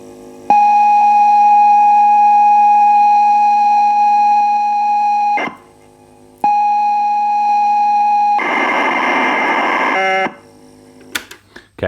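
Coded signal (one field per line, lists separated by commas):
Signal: ZX Spectrum tape loading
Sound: steady buzzy lead tone for five seconds, pause, lead tone again, then harsh data screech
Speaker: gauntlet from this pack because this is a particularly stubborn tape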